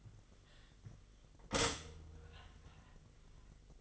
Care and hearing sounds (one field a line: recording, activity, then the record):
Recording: daily activity, microphone in the room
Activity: stop toaster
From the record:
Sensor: 4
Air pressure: 1002.9 hPa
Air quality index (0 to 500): 238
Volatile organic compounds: 17 ppm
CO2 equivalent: 2579 ppm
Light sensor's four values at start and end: 22/74/27/28 and 19/65/24/24